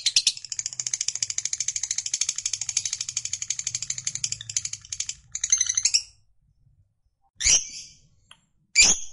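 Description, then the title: Lovebird chatter: a dense, rapid stream of high rasping notes for about five seconds, then a pause and two loud harsh squawks. Lovebird that is reluctant to sing, prompted into spontaneous energetic singing. "LOVEBIRD Malas Bunyi JADI GREGET SPONTAN Langsung NARIK"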